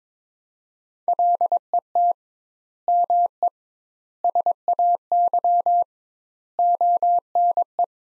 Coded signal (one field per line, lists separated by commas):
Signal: Morse code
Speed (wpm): 23 wpm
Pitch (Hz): 700 Hz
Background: none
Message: LET ME SAY ONE